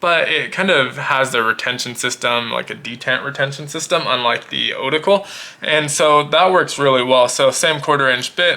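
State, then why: Not seated. A quarter-inch driver bit is handled at the ball-detent bit holder on the back of a compact utility knife's metal handle, which holds bits without a magnet. Someone talks throughout. The clip ends before the bit goes home, so nothing has seated or clicked yet.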